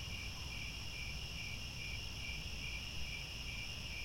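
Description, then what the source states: Many crickets trilling in a dense, pulsing high chorus, unbroken across the whole stretch, with soft low noise. Chorus of many crickets chirping at twilight as the sun sets.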